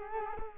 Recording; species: mosquito wingbeat signal from an infrared sensor; Culex quinquefasciatus